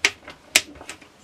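Paintball-style shells are slotted into the magazine of an Umarex HDX .68 airgun shotgun (16 joules). Two sharp clicks ring out at 0.1 s and 0.6 s, with fainter ticks in between and after, as each shell clicks into the magazine and is seated.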